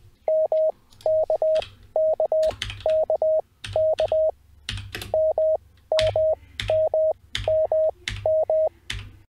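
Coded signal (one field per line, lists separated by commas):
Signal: Morse code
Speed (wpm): 20 wpm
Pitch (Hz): 630 Hz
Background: none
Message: MKKKK MMMMM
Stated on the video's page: Morse code training from a learning website using Farnsworth timing and the Koch method.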